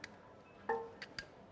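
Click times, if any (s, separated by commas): 0.7 s, 1.2 s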